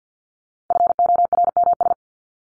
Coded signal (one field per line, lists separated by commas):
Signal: Morse code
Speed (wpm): 48 wpm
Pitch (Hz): 700 Hz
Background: none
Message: FORMS